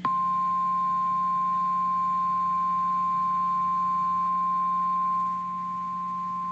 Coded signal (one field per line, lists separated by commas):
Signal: Emergency Alert System (SAME) tones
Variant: 1050 Hz attention tone